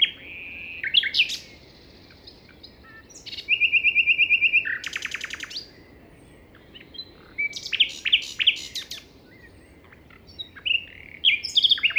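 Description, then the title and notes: Common nightingale delivering varied phrases: buzzy trills, a rapid repeated rattle, clicking bursts and whistled notes, broken by short pauses, over a gentle wind hiss. Beside a path on the Plateau de Lesches en Diois, 21 May 2019 at 5:05 am; windy; recorded in stereo with a Nagra Seven and MKH40 microphones. "Plateau de Lesches en diois. un rossignol en bord de chemin"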